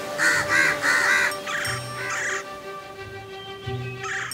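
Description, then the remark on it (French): Several crows gathered around a nest caw in a rough, overlapping series of harsh, loud calls, with a steady high tinkling tone sustained in the background throughout. “Elle appela tous les autres corbeaux et très vite, ils se retrouvèrent tous autour du nid de Monsieur Croix.”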